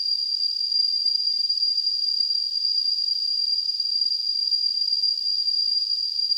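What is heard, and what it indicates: Simulated tinnitus: a steady, high-pitched tone near 5 kHz over a constant hiss of high-frequency noise, with no sound below about 2 kHz.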